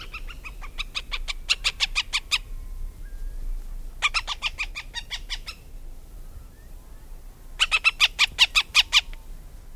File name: Hen Harrier